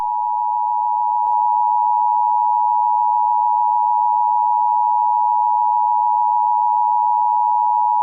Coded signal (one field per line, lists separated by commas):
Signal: Emergency Alert System (SAME) tones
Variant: 853 and 960 Hz attention tone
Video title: EMERGENCY ALERT SYSTEM | Zombie Apocalypse